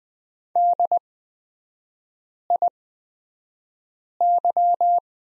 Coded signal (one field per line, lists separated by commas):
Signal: Morse code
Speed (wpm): 20 wpm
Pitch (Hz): 700 Hz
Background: none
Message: DIY